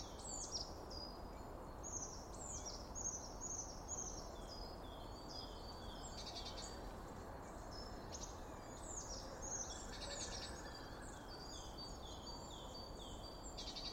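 Bird song: many quick high chirps and whistled notes crowd together almost without pause, heard over constant low background noise.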